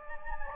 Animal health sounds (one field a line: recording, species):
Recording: mosquito wingbeat signal from an infrared sensor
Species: Anopheles gambiae